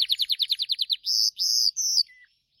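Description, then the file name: Gloster canary song: a fast run of about a dozen high repeated chirps, then three long bright notes and a short falling whistle at the end. "canto do canario gloster"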